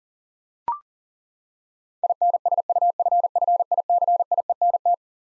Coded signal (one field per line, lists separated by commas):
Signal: Morse code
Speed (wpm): 40 wpm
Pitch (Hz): 700 Hz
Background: none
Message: INSUFFICIENT